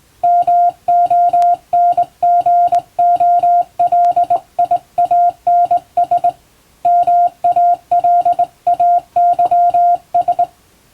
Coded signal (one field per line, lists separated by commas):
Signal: Morse code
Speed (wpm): 20 wpm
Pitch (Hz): 700 Hz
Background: music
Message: MONGOLIANS MALAYS